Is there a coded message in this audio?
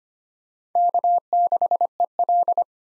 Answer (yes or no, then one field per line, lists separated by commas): yes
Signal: Morse code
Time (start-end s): 0.8-2.6 s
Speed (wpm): 25 wpm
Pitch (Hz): 700 Hz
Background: none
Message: K6EL